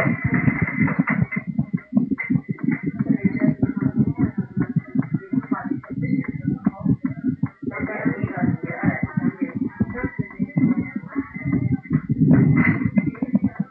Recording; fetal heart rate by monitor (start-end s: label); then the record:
fetal heart sounds by stethoscope on the mother's abdomen
0.00-10.00 s: 156 bpm
From the record:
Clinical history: premature rupture of membranes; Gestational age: 29 weeks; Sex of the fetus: boy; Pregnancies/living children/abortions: 1/0/0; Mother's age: 38 years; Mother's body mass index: 25.5